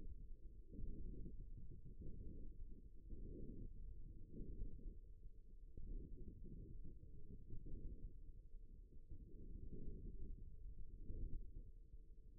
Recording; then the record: forearm muscle sounds (acoustic myography)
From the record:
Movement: forearm pronation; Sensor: system 1, eight BSWA MPA416 microphones around the upper forearm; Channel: 2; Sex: male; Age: 54 years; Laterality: right